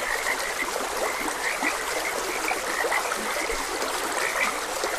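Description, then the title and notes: Frog: short croaks repeat in loose groups over the soft constant rush of flowing water. Frogs croaking beside a gentle stream; nature ambience for rest, meditation and sleep. "Gentle Stream and Frogs Croaking. Sleep and Relaxation Podcast"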